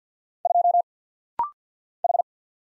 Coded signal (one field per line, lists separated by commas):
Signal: Morse code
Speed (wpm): 49 wpm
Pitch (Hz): 700 Hz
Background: none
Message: 2 H